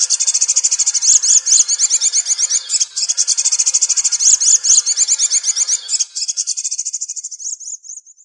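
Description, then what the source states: Greater green leafbird song: a rapid, high, chattering stream of trilled and swooping notes, nearly unbroken with brief pauses, fading near the end. Locally called cucak ijo.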